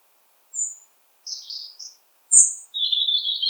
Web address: SETE data Erithacus rubecula